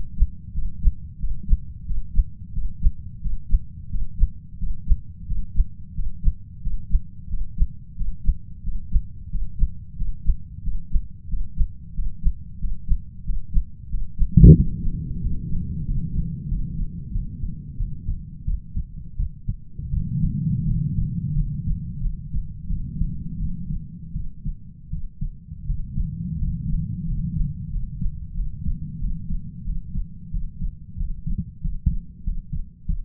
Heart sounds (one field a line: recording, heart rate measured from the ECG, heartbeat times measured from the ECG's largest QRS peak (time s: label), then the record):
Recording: heart sounds by stethoscope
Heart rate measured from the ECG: 89 bpm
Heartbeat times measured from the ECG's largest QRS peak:
0.52 s: heartbeat
1.18 s: heartbeat
1.85 s: heartbeat
2.52 s: heartbeat
3.20 s: heartbeat
3.89 s: heartbeat
4.57 s: heartbeat
5.26 s: heartbeat
5.93 s: heartbeat
6.61 s: heartbeat
7.28 s: heartbeat
7.95 s: heartbeat
8.62 s: heartbeat
9.29 s: heartbeat
9.96 s: heartbeat
10.62 s: heartbeat
11.27 s: heartbeat
11.93 s: heartbeat
12.58 s: heartbeat
13.24 s: heartbeat
13.88 s: heartbeat
14.54 s: heartbeat
15.20 s: heartbeat
15.85 s: heartbeat
16.48 s: heartbeat
17.12 s: heartbeat
17.77 s: heartbeat
18.45 s: heartbeat
19.17 s: heartbeat
19.91 s: heartbeat
20.65 s: heartbeat
21.34 s: heartbeat
22.01 s: heartbeat
22.68 s: heartbeat
23.38 s: heartbeat
24.14 s: heartbeat
24.90 s: heartbeat
25.66 s: heartbeat
26.39 s: heartbeat
27.05 s: heartbeat
27.70 s: heartbeat
28.35 s: heartbeat
28.99 s: heartbeat
29.65 s: heartbeat
30.31 s: heartbeat
30.97 s: heartbeat
31.61 s: heartbeat
32.23 s: heartbeat
32.85 s: heartbeat
From the record:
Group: healthy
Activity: breath hold 0-13 s, rest 13-33 s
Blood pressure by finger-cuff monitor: 102/71 mmHg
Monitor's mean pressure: 81 mmHg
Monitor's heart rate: 90 bpm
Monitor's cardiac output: 7 L/min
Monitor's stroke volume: 78 mL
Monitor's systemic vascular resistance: 840 dyn s/cm5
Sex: male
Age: 33 years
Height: 179 cm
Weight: 80.4 kg